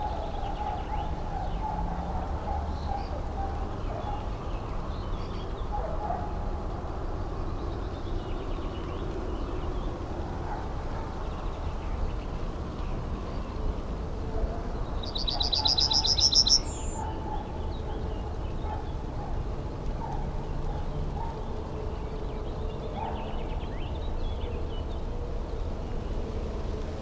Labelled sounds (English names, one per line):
Yellowhammer